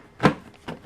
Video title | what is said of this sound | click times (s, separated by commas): How to Replace Headlights on a MK5 VW Rabbit | it snaps in place you can just basically just do that you have to smack it in place and there you go | 0.2 s